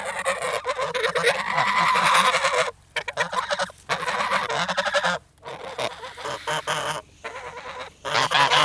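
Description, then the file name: Goose: geese calling harshly, a loud overlapping chorus of rasping honks and hisses that runs almost continuously, broken by a few brief gaps. Several angry geese, shouting and hissing, recorded close. "Geese multiple angry shouting hissing close"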